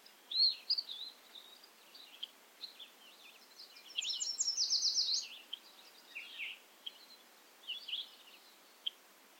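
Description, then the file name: Bobolink song: scattered bubbly, tinkling notes high in pitch, with a brief buzzy, fluttering burst near the middle and more jumbled notes after. Recorded at Ferme Beauchamp. "A bobolink talks to you from Ferme Beauchamp"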